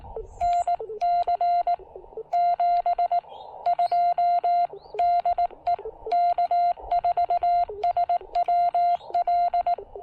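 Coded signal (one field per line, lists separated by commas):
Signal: Morse code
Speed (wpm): 18 wpm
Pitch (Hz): 690 Hz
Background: none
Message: NC 72 DE K4SWL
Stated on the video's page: Park activation (POTA) powered by solar through a BuddyPole PowerMini 2 charge controller.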